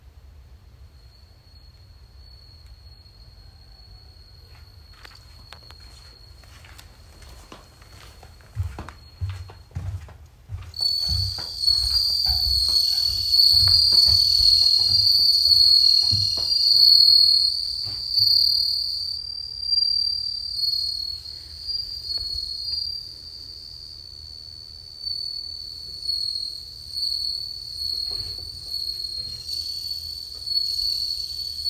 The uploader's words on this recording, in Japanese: 秋の音。鈴虫 #秋。